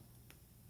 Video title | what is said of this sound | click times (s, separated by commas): Cartier Did NOT Come to Play - Luxury Unboxing & Review | you can't hear that. But there's a tiny little click there. | 0.3 s